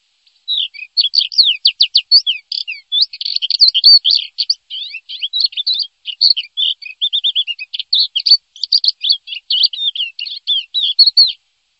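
Bird song, a long continuous run of rapid varied chirps and slurred whistled notes, tightly packed for about eleven seconds, in clean quiet surroundings.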